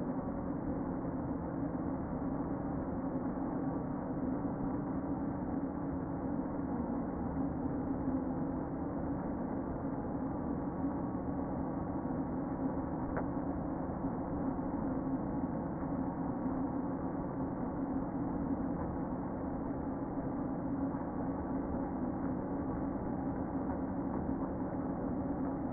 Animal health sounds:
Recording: honeybee colony, microphone inside the hive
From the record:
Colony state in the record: queen present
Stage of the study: before two queens were removed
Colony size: about 60,000 bees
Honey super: yes

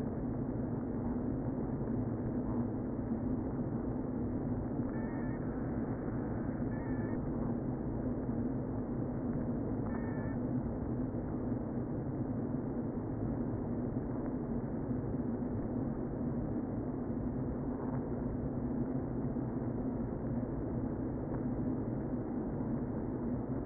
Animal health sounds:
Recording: honeybee colony, microphone inside the hive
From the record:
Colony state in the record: queen present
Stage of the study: before two queens were removed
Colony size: about 60,000 bees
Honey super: yes

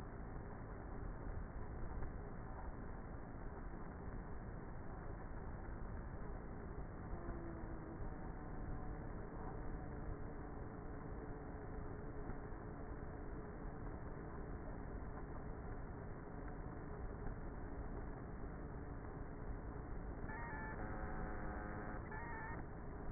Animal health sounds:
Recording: honeybee colony, microphone inside the hive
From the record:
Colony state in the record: queenless with a low population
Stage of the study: before two queens were removed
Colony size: about 30,000 bees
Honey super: no

